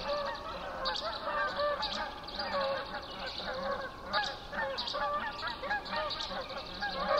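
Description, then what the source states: Canada goose: many geese giving steady, overlapping nasal honks throughout. Recorded 19 May 2007 at 04:55.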